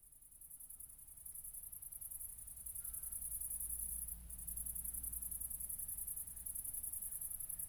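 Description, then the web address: Cricket chirping: a dense, high, pulsing buzz held throughout, with rapid repeated pulses, a brief dip near four seconds, and low rumble beneath. Recorded at Nordring, Kirchmöser, Brandenburg, Germany, on 4 August 2014 at 00:53, at night. "aporee City Country Me Brandenburg Kirchmoeser Nordring Grillen 201408040053"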